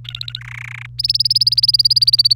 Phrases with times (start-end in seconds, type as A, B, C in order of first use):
0.05-0.40 A, 0.41-0.86 B, 0.98-2.36 C